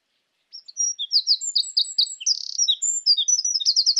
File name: Troglodytes troglodytes